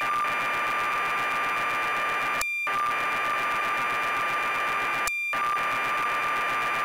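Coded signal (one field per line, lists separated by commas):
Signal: computer data on cassette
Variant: BBC Micro, 1200 baud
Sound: continuous harsh screeching data hiss with a steady whine, broken by two short pauses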